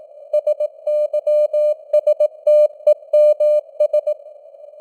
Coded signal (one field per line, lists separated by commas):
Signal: Morse code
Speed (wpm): 18 wpm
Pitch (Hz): 600 Hz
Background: none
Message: SYSTEMS